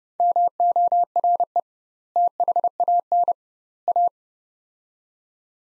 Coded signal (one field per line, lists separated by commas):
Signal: Morse code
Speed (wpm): 30 wpm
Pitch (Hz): 700 Hz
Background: none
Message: MORE THAN A